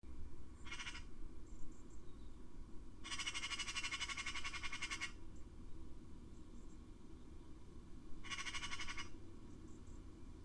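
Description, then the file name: Eurasian magpie chattering: a brief harsh rattle, then a long dry machine-gun chatter of about two seconds, and another short burst near the end, over steady low rumble. "Pica pica"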